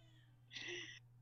The baby's crying.